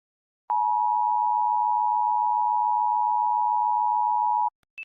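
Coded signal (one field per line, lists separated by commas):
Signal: Emergency Alert System (SAME) tones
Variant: 853 and 960 Hz attention tone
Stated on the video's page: Simulated EAS scenario.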